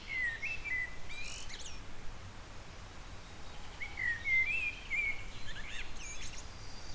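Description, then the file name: Eurasian blackbird song with a warbled fluty phrase at the start and a longer rising and falling whistled phrase later, each followed by scratchy high notes, over low rumble. "Turdus merula"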